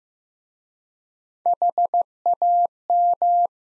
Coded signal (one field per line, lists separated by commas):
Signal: Morse code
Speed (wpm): 15 wpm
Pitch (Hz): 700 Hz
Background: none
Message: HAM